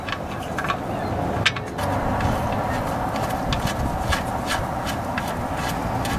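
The cleaned oil drain bolt of a Honda Ridgeline is threaded by hand into the engine oil pan to check it is not cross-threaded, before a final quarter turn with a 17 mm wrench. Steady broadband noise runs throughout, with brief light taps and scrapes at about 0.1, 0.6, 0.7, 1.6, 3.5 and 5.2 seconds. Nothing has seated or clicked yet.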